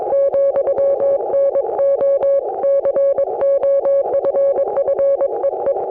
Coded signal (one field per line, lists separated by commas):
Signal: Morse code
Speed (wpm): 22 wpm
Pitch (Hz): 560 Hz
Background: none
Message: , NO COFFEE